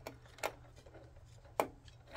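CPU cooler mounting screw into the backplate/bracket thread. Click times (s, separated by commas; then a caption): 1.6 s. A screwdriver is turned backwards on an ID-COOLING SE-914-XT Basic CPU cooler mounting screw on an AMD AM4 bracket, and the screw drops into the start of the backplate/bracket thread with a sharp click at 1.6 s. Smaller ticks come before it, and then the screw is tightened a little, leaving it seated in the thread. No one talks.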